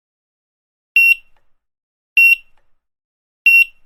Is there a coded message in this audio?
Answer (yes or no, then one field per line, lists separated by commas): no